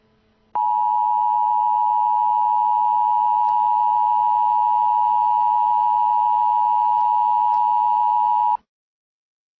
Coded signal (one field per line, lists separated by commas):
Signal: Emergency Alert System (SAME) tones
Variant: 853 and 960 Hz attention tone